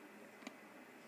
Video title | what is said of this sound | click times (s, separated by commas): Best Smart Door Locks To Protect Your Home - Best Electronic Smartlockil - Tamil Tech Central | insert பண்ணுங்க insert பண்ணும்போது பார்த்தீங்கன்னா உங்களுக்கு ஒரு sound வரும் கிளிக்ன்னு ஒரு சவுண்ட் வரும் பாருங்க ஓகே பார்த்தீங்களா | 0.5 s